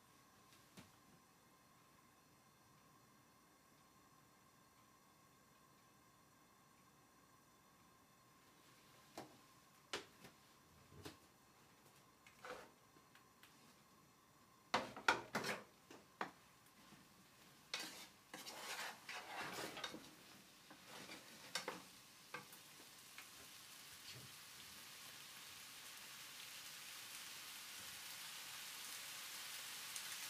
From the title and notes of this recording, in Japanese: 環境音 ナスのトマト煮込み。ベーコンの代わりにちくわをいれてみました。